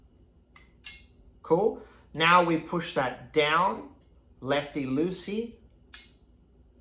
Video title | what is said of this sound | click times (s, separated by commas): How to Oil Trumpet Valves / The Best Method for Oiling Valves on the internet!! | you'll feel a click I'll do it again | 0.6 s